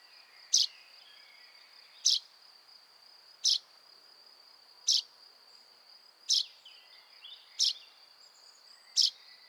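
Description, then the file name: Common chaffinch giving short, sharp call notes repeated roughly every one and a half seconds, over a steady high-pitched insect-like whine. "Fringilla coelebs"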